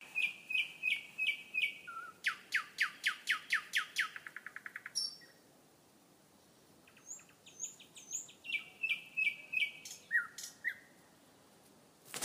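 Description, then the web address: Common nightingale song: repeated whistled notes, then an accelerating run of loud clicking notes, a pause, and more whistled and repeated phrases. Recorded at Star City. "rossignol chant de rossignol a star city"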